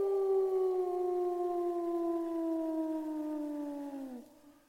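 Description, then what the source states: Wolf howling: a single long, steady tone that slowly falls in pitch and fades at the end. A lone wolf howling.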